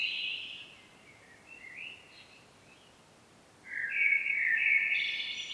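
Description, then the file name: Common blackbird song: a brief warble at the start, a quiet gap, then a louder fluted phrase rising into a high twitter. "Turdus merula"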